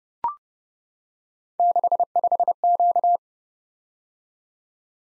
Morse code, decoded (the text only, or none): 65Q